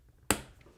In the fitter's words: Oh, there we go. I love that pop. That little pop sound.